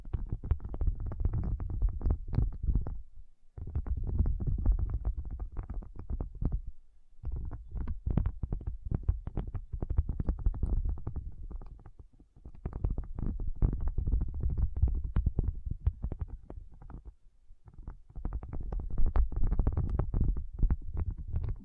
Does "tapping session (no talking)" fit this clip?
yes